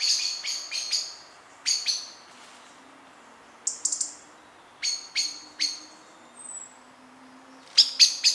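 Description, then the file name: Common blackbird uttering scattered clusters of sharp, high clicking chinks separated by short pauses, over a faint background hiss. "Turdus merula"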